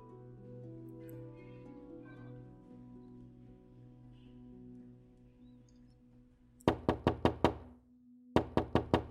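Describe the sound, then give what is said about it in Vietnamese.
Loud, sharp knocks on a door: a quick burst of about five, a brief pause, then four more, following several seconds of low, steady droning tones. “Tiếng gõ cửa vang lên một lúc, thì kế đó là giọng nói khàn khàn của một người đàn ông.”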